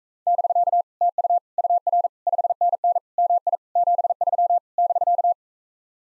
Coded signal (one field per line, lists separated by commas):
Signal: Morse code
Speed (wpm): 38 wpm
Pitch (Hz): 700 Hz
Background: none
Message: <BK> TU UR 5NN MI 73 <BK>